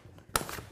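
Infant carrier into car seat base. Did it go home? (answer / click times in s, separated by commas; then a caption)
yes / 0.4 s. An infant carrier is pressed down into its installed car seat base and locks into place. A sharp click is heard at 0.4 s, followed by a brief rattle, and the carrier is seated in the base. No one talks.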